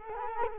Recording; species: mosquito wingbeat signal from an infrared sensor; Culex quinquefasciatus